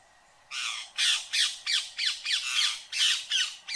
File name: Canto do periquito indiano